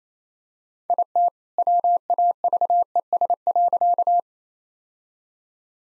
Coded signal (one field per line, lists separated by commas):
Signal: Morse code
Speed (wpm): 28 wpm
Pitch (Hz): 700 Hz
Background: none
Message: IT WAVES.